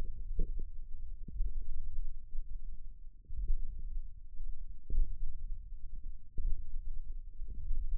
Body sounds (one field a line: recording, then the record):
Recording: forearm muscle sounds (acoustic myography)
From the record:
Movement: radial deviation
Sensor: system 1, eight BSWA MPA416 microphones around the upper forearm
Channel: 6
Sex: female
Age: 21 years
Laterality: right